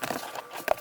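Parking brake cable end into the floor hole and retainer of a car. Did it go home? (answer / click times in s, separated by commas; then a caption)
no / none. Inside an SRT4, with the carpet lifted, the metal parking brake cable end is handled and pushed toward the hole in the floor and its retainer. Soft rustling, crinkling handling noise is heard, with a brief louder burst near the end. Nothing has seated or clicked yet.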